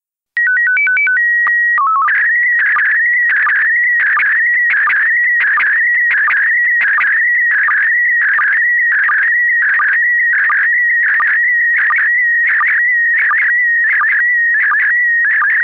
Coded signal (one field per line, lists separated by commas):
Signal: SSTV (slow-scan television)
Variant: PD 90